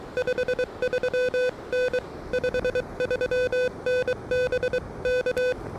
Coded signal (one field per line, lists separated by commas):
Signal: Morse code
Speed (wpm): 23 wpm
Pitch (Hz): 500 Hz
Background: music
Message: 53N 53N BK